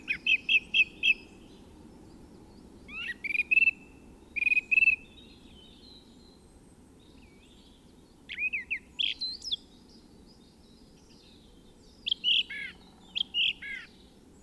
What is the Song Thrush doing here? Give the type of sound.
song